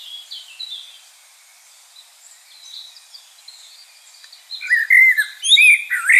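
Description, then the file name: Common blackbird song: faint birdsong for several seconds, then a loud warbled phrase ending in high twitters. "Turdus merula"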